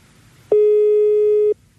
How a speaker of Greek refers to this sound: Είναι καινούργιο το τηλεφωνικό κέντρο. Δεν έχω εξοικειωθεί ακόμα. Βούιζει αυτός, μιλάει. Καλό σημάδι. Δεν έχουν φύγει όλοι.